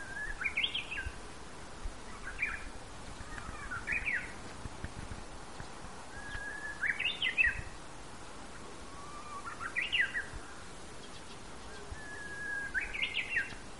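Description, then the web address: Japanese bush warbler song phrases, a held whistle leading into a sharp upward flourish, repeated several times over low background noise. Recorded 24 March 2013. "sangamaki uguisu 130324"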